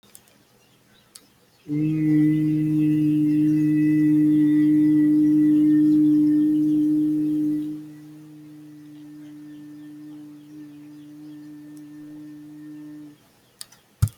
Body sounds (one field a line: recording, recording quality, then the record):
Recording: sustained vowel as in beet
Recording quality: excellent, no background noise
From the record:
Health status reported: healthy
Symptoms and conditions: none ticked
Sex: male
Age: 32 years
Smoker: not ticked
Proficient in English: yes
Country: India